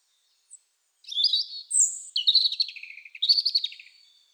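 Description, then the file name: European robin delivering a varied phrase of high thin notes, a lower drawn-out whistle and quick trilled twitters. "Erithacus rubecula"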